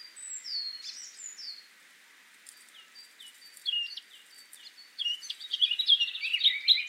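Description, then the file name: Eurasian blackcap song: a few clear whistled notes, scattered quiet chirps, then a loud, dense, rapid warble in the last two seconds. "Sylvia atricapilla"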